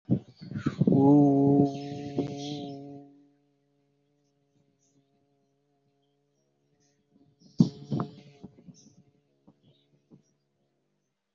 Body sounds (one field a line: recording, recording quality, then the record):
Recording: sustained vowel as in boot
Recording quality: excellent, no background noise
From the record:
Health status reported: healthy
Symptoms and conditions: hypertension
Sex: male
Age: 49 years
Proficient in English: yes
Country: India